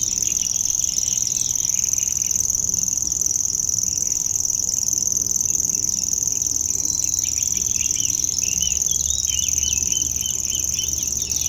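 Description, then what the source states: Common Grasshopper Warbler song, a steady high mechanical reel running unbroken throughout, with scattered chirps and short phrases from other birds in the background. Rare bird in the reedbed at Châtillon beach, north of Lac du Bourget, Chindrieux, France.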